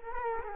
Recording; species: mosquito wingbeat signal from an infrared sensor; Culex quinquefasciatus